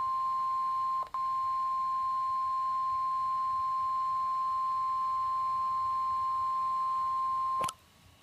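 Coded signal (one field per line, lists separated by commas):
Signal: Emergency Alert System (SAME) tones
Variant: 1050 Hz attention tone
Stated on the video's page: Required Weekly Test received on a weather radio from NOAA station.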